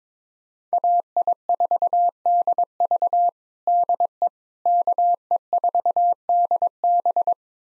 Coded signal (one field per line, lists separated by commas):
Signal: Morse code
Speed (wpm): 21 wpm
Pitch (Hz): 700 Hz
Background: none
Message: AI4DV DE KE4DB